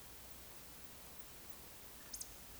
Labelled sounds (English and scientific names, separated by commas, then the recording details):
Eurasian Woodcock (Scolopax rusticola) whistle, Eurasian Woodcock (Scolopax rusticola) croak
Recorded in Baden-Württemberg, Germany, on 11 June 2021 at 20:25 UTC
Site 24606, 635 m above sea level